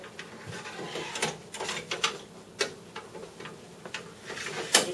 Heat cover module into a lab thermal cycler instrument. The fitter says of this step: 이것도 딸깍 소리가 날 때까지 꾹 밀어 주시면 도체가 바로 가능합니다